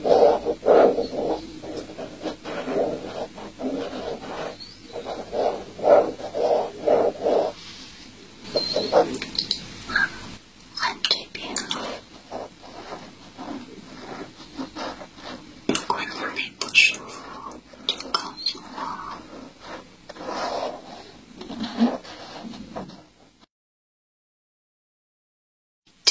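Soft handling sounds of eye care: gentle dabbing and light scraping with brief taps and rustles, dense until falling silent near 23 seconds.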